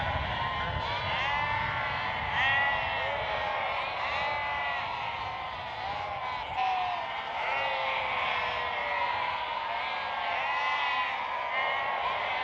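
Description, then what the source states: Sheep bleating, several wavering, harmonic bleats overlapping almost continuously, some rising and falling in pitch. Sheep bleating on a prairie.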